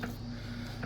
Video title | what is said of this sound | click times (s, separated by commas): PROYAMA 51.7cc Brush Cutter (LOTS OF POWER) MUST WATCH | but it should up there it goes there it goes it locked in place I don't know if you guys heard that click | 0.8 s